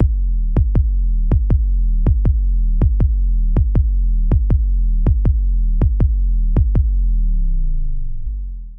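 Steady, deep paired thumps, a lub-dub heartbeat at about 80 beats a minute over a low rumbling hum. The rhythm stays even through about ten cycles, and the sound fades at the end.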